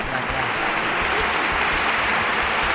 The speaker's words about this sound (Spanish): De aquí queremos hacer un inciso. Barro Piedra, un aplauso a Barro Piedra. Muy bien.